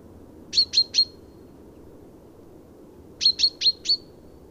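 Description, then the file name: Common chaffinch calls: two bursts of short, sharp, high notes, three then four in quick succession, with a quiet low rumble beneath. "Fringilla coelebs"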